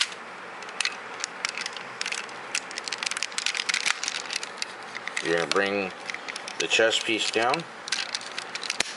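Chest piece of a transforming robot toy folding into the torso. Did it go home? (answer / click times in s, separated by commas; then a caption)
yes / 8.8 s. The plastic chest piece of a 2001 R.I.D. Transformers Optimus Prime robot toy is folded down into the torso during transformation, with small plastic clicks and rattles of handling throughout while someone talks. The chest piece is pushed until it clicks into place at 8.8 seconds, and it is seated.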